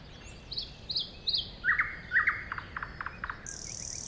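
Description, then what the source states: Thrush nightingale singing: a few high thin notes, then richer lower notes, a quick series of sharp clicks, and a final high buzzy trill. Recorded at a woodland edge next to a lake, 2001.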